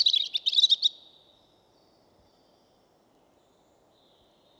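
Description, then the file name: European robin giving a short burst of high, rapid warbled notes at the start, followed by near silence and a brief note at the end. "Erithacus rubecula"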